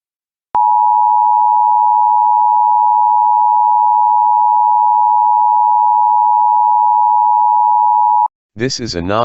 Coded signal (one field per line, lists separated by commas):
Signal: Emergency Alert System (SAME) tones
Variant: 853 and 960 Hz attention tone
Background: speech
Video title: EAS Child Abduction Emergency (DANGEROUS AMBER Alert!) Magna, Utah Statewide Alert